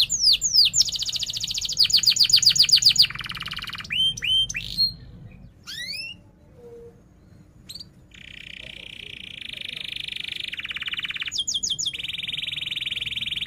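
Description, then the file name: Canary song in bursts: fast trills and sweeping whistles, some quieter gaps, then steady buzzy rolls broken by short high rising notes. Canary singing persistently (gacor) with 'cuit cuit' chirps and sharp rolling trills ('ngerol tajam'). "Suara Kenari Gacor Cuit Cuit Ngerol Tajam"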